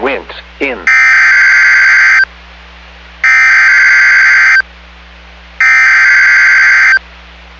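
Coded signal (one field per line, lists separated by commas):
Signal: Emergency Alert System (SAME) tones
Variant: header bursts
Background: speech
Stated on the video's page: Severe Thunderstorm Warning from NOAA Weather Radio, received online.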